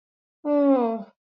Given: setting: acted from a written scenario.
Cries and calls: vocal sound without words; relief

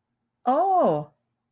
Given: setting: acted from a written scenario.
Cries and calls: vocal sound without words; interest

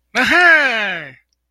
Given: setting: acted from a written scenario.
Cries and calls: vocal sound without words; positive surprise

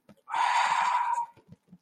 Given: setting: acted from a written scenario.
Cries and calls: vocal sound without words; awe

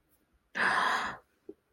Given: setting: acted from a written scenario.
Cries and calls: vocal sound without words; romantic love

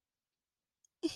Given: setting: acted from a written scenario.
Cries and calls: vocal sound without words; distress

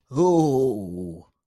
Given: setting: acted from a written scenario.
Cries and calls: vocal sound without words; negative surprise

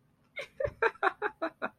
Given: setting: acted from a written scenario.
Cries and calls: vocal sound without words; amusement

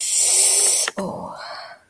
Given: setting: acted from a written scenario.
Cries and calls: vocal sound without words; embarrassment

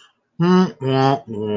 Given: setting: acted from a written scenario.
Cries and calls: vocal sound without words; embarrassment

